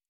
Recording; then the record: hydrophone in a shrimp aquaculture tank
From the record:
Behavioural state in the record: normal